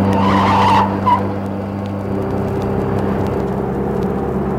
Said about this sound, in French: Une queue de poisson et un coup de frein.